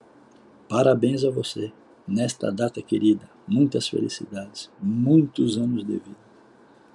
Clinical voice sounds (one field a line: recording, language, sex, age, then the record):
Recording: short text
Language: Brazilian Portuguese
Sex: male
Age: 60 to 69 years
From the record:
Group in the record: control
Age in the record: 65 years